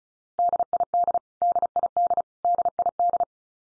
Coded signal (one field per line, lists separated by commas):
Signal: Morse code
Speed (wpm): 34 wpm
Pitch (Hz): 700 Hz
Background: none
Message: DID DID DID